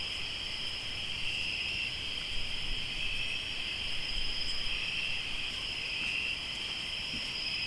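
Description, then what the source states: Cricket: continuous high trilling from several crickets, two steady pitch layers with occasional brighter swells, against soft outdoor noise. Crickets recorded in Tlayacapan, Morelos.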